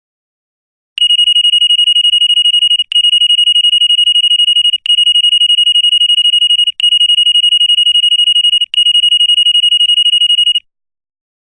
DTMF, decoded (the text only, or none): none